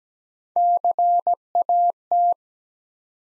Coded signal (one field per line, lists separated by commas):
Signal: Morse code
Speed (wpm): 17 wpm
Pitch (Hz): 700 Hz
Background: none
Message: CAT